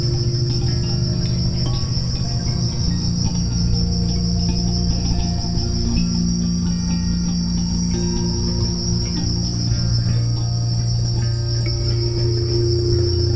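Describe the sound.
Steady, fast-pulsing cricket chirps ring high and constant, blended with quiet drawn-out musical tones and a deep drone.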